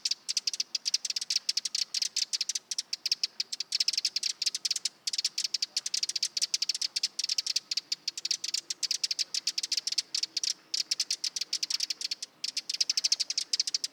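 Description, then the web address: Eurasian wren song of fast shrill notes in long rattling runs, with a few short breaks before the trill resumes. Nominate subspecies Troglodytes troglodytes troglodytes. "Vogelstimmen Vogelstimme Zaunkoenig 2-Eurasian Wren - Troglodytes troglodytes troglodytes"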